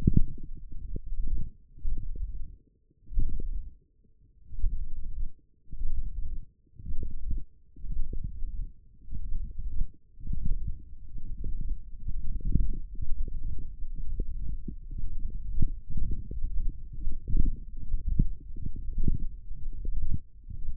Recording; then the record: forearm muscle sounds (acoustic myography)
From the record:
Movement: hand opening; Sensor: system 1, eight BSWA MPA416 microphones around the upper forearm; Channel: 8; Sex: male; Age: 23 years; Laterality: right